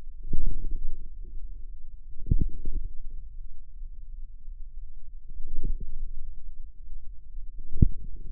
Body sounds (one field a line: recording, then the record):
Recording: forearm muscle sounds (acoustic myography)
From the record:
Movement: inward rotation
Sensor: system 2, bracelet of six BSWA MPA416 microphones around the upper forearm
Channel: 5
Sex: female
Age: 23 years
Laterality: right